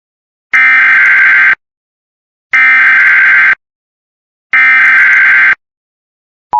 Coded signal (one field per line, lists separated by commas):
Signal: Emergency Alert System (SAME) tones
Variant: header bursts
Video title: TOR (EAS 92) (8 more EAS videos before the 💯 EAS)